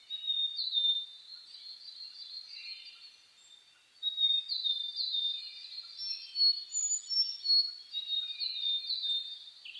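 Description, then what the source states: Mixed birdsong at dawn, thin high whistles and warbling runs overlapping, quieter for a few seconds then rising into busy, repeated phrases. Dawn chorus (reimei) of birdsong (saezuri), recorded 10 May 2010 at 04:01.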